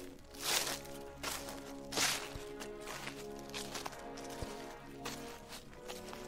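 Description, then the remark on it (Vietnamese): Footsteps of people walking in a forest crunch and rustle through dry leaves and rotten twigs, a steady series of crackling steps with bursts of brittle noise, over a faint low hum. “Tôi giỏng tai nghe, bốn bề xung quanh đều phát ra cái thứ âm thanh đó, là cái thứ âm thanh loạt soạt của tiếng người đang bước chân đi, dẫm lên những lá cây, những cành mục.”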